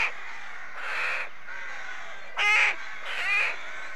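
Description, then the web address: Rook calls, a few harsh caws separated by short quiet gaps, the one just past the middle loudest and most grating. A rookery, with the birds at their nests. "BBC Sound Effects Library. Rookery"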